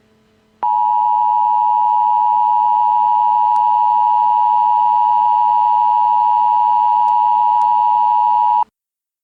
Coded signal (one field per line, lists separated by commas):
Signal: Emergency Alert System (SAME) tones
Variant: 853 and 960 Hz attention tone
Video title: EAS scenario #4: Super bowl massacre